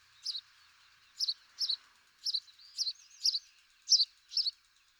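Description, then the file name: House sparrow calls, a run of eight bright, doubled chirps with short gaps, over faint background hiss. "Passer domesticus"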